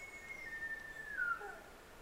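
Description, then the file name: Sika deer whistle: one long high tone that slowly falls and then drops sharply at the end, over steady low background noise. Recorded 21 September 2009 at 05:55. "nihonjika 20090921 0555"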